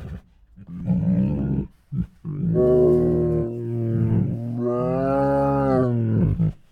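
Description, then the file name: Tiger moaning and roaring: a short low moan, then a long drawn-out roar of about four seconds that ends abruptly. Two hungry tigers making many huffs, moans and roars. "Two Tigers Make Many Hungry Huffs, Moans and Roars [Sound Ideas]"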